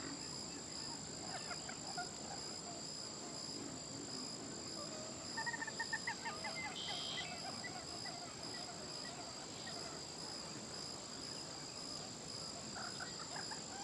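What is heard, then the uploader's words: Recorded on the north shore of Apopka Lake, a dense, steady outdoor chorus fills the background, with high insect-like whines running throughout. Frog-like croaks and brief bird calls come and go, clustering around the middle and again near the end. Apopka Lake North Shore. On the north shore of Apopka Lake near Orlando Florida.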